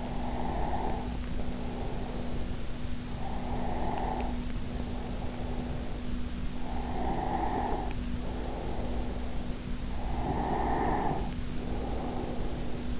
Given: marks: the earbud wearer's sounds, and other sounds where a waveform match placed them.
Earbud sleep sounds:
sounds in sleep by an in-ear microphone; breath
0.00-13.00 s: breath

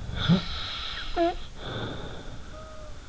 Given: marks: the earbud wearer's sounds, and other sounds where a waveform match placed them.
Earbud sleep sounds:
sounds in sleep by an in-ear microphone; snoring breath
0.00-3.02 s: sound from someone else or the room
0.05-3.02 s: snoring breath

